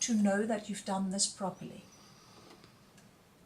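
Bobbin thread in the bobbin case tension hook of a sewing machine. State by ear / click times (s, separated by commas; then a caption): seated / 2.6 s. A sewing machine bobbin sits in its metal bobbin case, held down with one finger, and its thread is drawn around the small silver tension hook. Someone talks over the first two seconds. A faint click follows at 2.6 s as the thread seats in the hook, confirming it is done properly.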